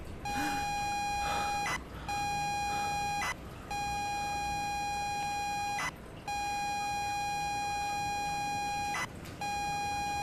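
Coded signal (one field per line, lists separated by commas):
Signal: ZX Spectrum tape loading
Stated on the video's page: From the game Stories Untold.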